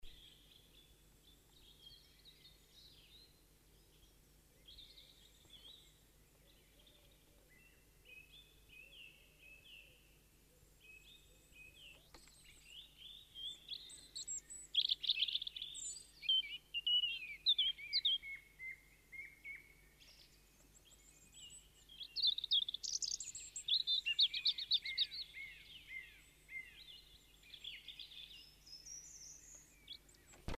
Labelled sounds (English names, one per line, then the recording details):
European Robin song
Great Tit
Common Firecrest
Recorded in the wild
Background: Parus major, Regulus ignicapilla
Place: Kaiserslautern, Rheinland-Pfalz, DE
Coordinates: 49.4408, 7.853
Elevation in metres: 317
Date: 1977-03-20
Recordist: Tretzel, Erwin
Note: Alte Buche, Kaiserslautern: Gesang mit Meisenimitation